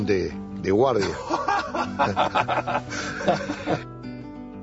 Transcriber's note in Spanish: Risas